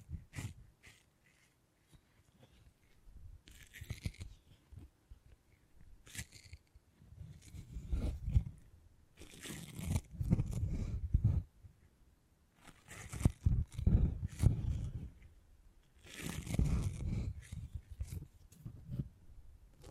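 Beeswax being handled and worked with the fingers, making soft crinkling, squishing and crunchy sounds. The noises come in uneven bursts, some short clicks early on and longer dense stretches of rubbing around 7 to 11, 13 to 15 and 16 to 18 seconds, with brief quiet gaps between.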